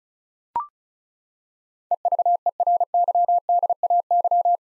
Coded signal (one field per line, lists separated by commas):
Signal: Morse code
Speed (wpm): 36 wpm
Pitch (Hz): 700 Hz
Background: none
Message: EVERYDAY